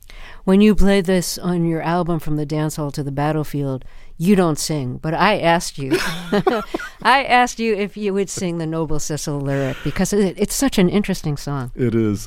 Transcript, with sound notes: When you play this on your album, "From The Dancehall To The Battlefield," you don't sing. But I asked you...
(LAUGHTER)
I asked you if you would sing the Noble Sissle lyric because it's such an interesting song.